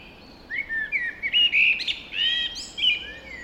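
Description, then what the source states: Birds singing, a run of clear whistled and warbling phrases that starts after half a second and carries on to the end. Dawn chorus recorded just after dawn in the Forest of Dean.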